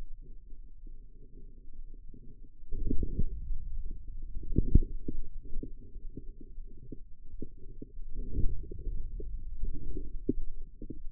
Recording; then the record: forearm muscle sounds (acoustic myography)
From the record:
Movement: inward rotation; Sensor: system 2, bracelet of six BSWA MPA416 microphones around the upper forearm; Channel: 4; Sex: male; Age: 22 years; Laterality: right